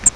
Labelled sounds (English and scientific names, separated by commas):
Grace's Warbler (Setophaga graciae) flight call